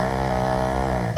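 A low, rattling, droning snore held about a second, ending in an abrupt louder, higher-pitched sound, from a small elderly pug sleeping in the owners' bedroom at 4 a.m. The snoring is getting worse with his age.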